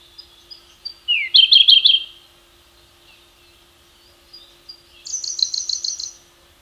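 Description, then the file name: Siberian rubythroat song: two high, rapid phrases of repeated sharp notes, the first dropping then rattling, the second a thin, even trill, separated by silence. "suara berkecet siberia omkicau"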